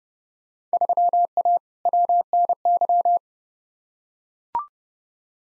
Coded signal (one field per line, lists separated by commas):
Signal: Morse code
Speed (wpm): 30 wpm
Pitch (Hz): 700 Hz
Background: none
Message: 3A WNY